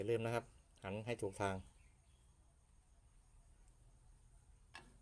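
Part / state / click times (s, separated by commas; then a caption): brake shoe hardware into drum brake assembly / not seated / none. During a brake shoe change on a Nissan Almera, brake shoe hardware is turned the right way and pushed by hand into the drum brake assembly. Someone talks for the first 1.7 seconds, followed by quiet handling and one brief sharp sound at about 4.8 seconds. Nothing has seated or clicked into place yet.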